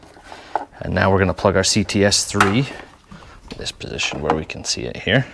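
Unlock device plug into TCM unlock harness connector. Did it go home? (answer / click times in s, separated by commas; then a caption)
yes / 0.6 s. The plug of an unlock device is pushed into the TCM unlock harness connector during an Evolution CTS3 installation on a 2017–2023 L5P Duramax. It clicks in sharply at 0.6 s and bottoms out, seating fully. Someone then talks.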